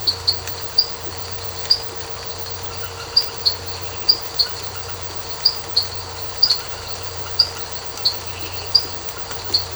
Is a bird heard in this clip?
no